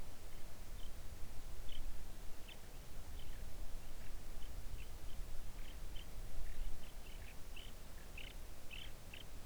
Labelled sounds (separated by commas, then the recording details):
songbird
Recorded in the Arctic National Wildlife Refuge, Alaska, on 3 August 2019 at 05:36
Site 41